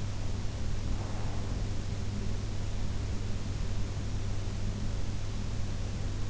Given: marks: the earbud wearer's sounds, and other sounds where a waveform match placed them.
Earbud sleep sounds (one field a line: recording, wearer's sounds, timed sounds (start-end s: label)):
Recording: sounds in sleep by an in-ear microphone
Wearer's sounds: breath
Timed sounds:
0.95-2.06 s: breath